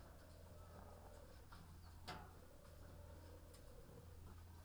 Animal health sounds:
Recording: poultry house recording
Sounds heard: sick chickens (respiratory disease)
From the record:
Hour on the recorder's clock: 18

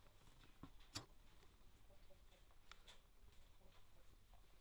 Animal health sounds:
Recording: poultry house recording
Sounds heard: healthy chickens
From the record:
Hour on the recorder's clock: 23

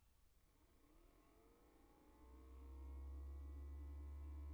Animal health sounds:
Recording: poultry house recording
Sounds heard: no chicken sound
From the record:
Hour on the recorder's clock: 19

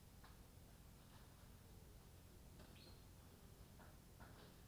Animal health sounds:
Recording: poultry house recording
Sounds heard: no chicken sound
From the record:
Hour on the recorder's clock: 21

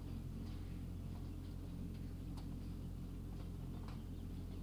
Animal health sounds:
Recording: poultry house recording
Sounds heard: healthy chickens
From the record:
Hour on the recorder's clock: 23

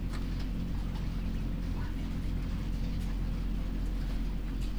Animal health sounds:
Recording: poultry house recording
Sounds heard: sick chickens (respiratory disease)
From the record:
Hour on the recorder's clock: 4

